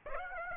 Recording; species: mosquito wingbeat signal from an infrared sensor; Aedes aegypti